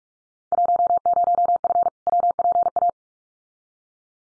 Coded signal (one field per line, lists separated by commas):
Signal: Morse code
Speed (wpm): 44 wpm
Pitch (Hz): 700 Hz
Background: none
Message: 10F WPA